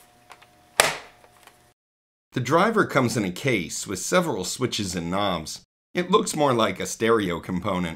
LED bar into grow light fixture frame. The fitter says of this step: you just line up the led bar and it clicks into place